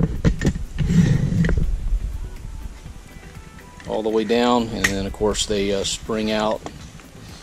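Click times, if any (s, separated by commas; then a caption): none. A metal fold-down countertop support bracket is handled as it is raised toward its extended position, with sharp metallic knocks and clinks near the start, a louder rattle around 1 to 1.5 s, and faint handling noises after. Someone talks through the second half. Nothing has locked into place yet.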